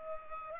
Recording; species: mosquito wingbeat signal from an infrared sensor; Culex pipiens